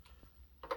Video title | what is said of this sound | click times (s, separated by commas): Stop living with carpet stains, I found a fix that actually works the UWANT Portable Carpet Cleaner. | They go in here like this. They will slide in and they will lock into place. | 0.6 s, 0.7 s